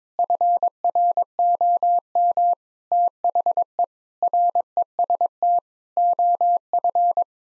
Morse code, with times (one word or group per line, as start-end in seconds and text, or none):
0.2-2.5 FROM
2.9-3.8 THE
4.2-5.6 REST
6.0-7.2 OF